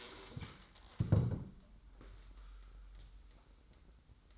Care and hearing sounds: daily activity, microphone in the room; stand up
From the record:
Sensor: 3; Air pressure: 990.4 hPa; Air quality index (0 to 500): 168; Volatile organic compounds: 1000 ppm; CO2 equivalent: 5448 ppm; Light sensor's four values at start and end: 46/107/44/42 and 46/108/44/42

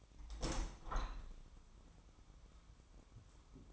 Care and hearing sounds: daily activity, microphone in the room; open window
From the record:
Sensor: 1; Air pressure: 1006.8 hPa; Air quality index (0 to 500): 210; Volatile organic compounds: 25 ppm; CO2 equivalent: 2828 ppm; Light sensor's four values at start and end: 12/32/12/14 and 13/33/13/15

